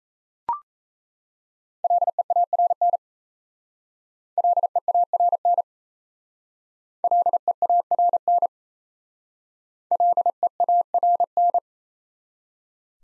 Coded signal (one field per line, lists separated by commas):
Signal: Morse code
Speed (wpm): 32 wpm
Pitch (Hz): 700 Hz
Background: none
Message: LEARN LEARN LEARN LEARN